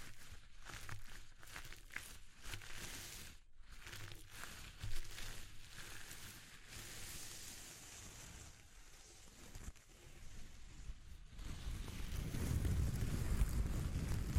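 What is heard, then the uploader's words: Textures are rubbed and crinkled in an ASMR session, a dense, hissy scratching broken by brief pauses in the first few seconds and again near ten seconds. In the last few seconds a low, blustery rumble like wind on the microphone swells beneath the rustling. ASMR Exploring Textures (No Talking).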